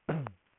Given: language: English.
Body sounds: throat vibration sensor signal played as sound; throat clearing

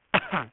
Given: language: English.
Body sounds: throat vibration sensor signal played as sound; cough

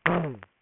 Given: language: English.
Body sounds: throat vibration sensor signal played as sound; throat clearing

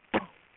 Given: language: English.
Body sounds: throat vibration sensor signal played as sound; cough

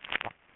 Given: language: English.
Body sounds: throat vibration sensor signal played as sound; swallow

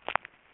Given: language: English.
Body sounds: throat vibration sensor signal played as sound; swallow

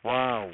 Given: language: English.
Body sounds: throat vibration sensor signal played as sound; speech

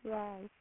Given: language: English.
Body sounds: throat vibration sensor signal played as sound; speech

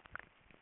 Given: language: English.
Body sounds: throat vibration sensor signal played as sound; swallow

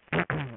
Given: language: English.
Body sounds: throat vibration sensor signal played as sound; throat clearing

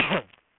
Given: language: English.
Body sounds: throat vibration sensor signal played as sound; cough

